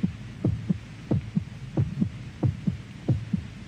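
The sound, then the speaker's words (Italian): A steady, normal heartbeat of a little girl heard through a stethoscope during a doctor's examination: muffled, low lub-dub thumps in regular pairs, about five or six beats, over a soft hum, with no talking. “Tu hai un battito normalissimo.”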